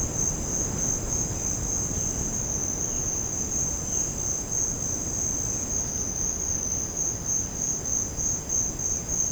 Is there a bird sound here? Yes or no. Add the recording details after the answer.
no. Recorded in secondary vegetation near Puerto Asís, Putumayo, Colombia, on 9 March 2025 at 14:00. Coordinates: 0.481, -76.318. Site G097